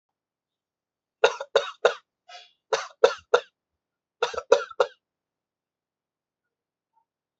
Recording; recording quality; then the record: shallow voluntary cough; excellent, no background noise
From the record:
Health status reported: exposed to COVID-19, no respiratory illness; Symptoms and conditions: none ticked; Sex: male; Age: 30 years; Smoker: not ticked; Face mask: not worn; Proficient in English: yes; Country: India